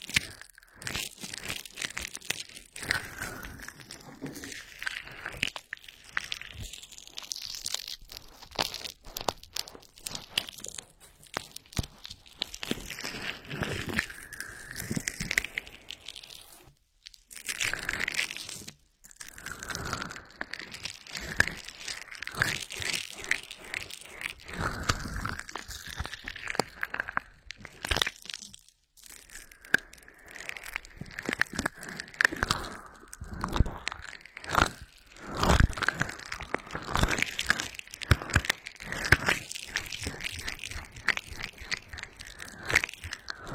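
Ear massage with essential oil: dense, wet rubbing and crackling sounds that swirl and sweep continuously, with bright squishy strokes rising and falling. Brief near-silent pauses occur around 17 and 28 seconds before the slick rubbing resumes.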